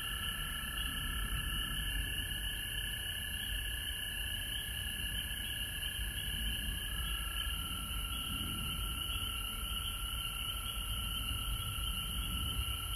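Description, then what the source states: Steady massed frog trilling, high and continuous, with lower tones that step in pitch midway, set against a rough low rumble. Frogs recorded at home in Georgia on March 19, 2020.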